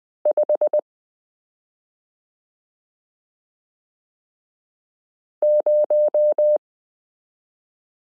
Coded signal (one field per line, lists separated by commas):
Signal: Morse code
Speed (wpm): 20 wpm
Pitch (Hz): 600 Hz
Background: none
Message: 50